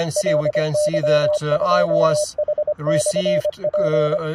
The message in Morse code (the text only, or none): LY2H/P